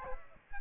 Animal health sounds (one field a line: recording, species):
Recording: mosquito wingbeat signal from an infrared sensor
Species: Aedes aegypti